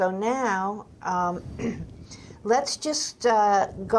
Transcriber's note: clears throat